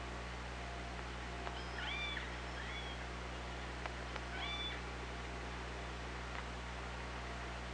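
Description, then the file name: Orca calls, two short harmonic rising-and-falling calls about two and a half seconds apart, set against constant low hum and faint clicking. Underwater hydrophone recording, 24 August 2017, about 18:30. "Orca Lab"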